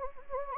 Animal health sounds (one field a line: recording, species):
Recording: mosquito wingbeat signal from an infrared sensor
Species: Anopheles gambiae